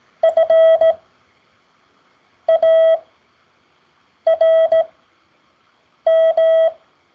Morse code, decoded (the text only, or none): FARM